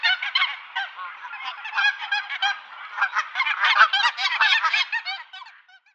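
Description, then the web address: Canada goose: canada geese calling as a flock, a dense overlapping chorus of nasal honks and short cackles running continuously and fading out at the end. "Schulze Peter Canada Goose"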